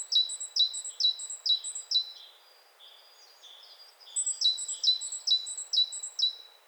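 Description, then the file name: Great tit calling in fast repeated series of high, sharp descending notes with thin higher notes, two bursts separated by a quieter pause with faint softer notes. "Parus major"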